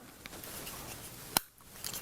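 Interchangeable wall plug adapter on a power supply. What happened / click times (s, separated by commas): The plug adapter snapped into place on the power supply / 1.4 s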